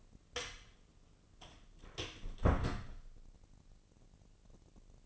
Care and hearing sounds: daily activity, microphone in the room; close door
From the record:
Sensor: 4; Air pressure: 1013.3 hPa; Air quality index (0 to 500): 178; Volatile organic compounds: 2 ppm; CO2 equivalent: 1120 ppm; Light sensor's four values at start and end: 73/182/75/78 and 58/141/59/58

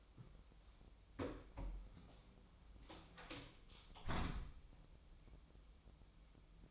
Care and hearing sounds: daily activity, microphone in the room; close door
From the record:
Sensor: 1

